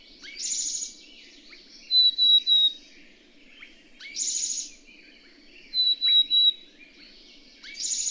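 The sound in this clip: Bird singing: a loud buzzy burst followed by three clear, high whistled notes, the phrase repeating about every three and a half to four seconds.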